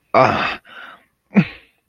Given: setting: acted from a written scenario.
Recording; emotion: vocal sound without words; shame